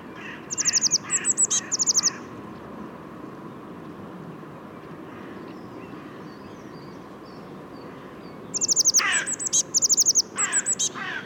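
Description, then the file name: Eurasian blue tit giving fast high chittering notes in two bursts, one early and one near the end, with a quieter gap of soft hiss between. "Cyanistes caeruleus"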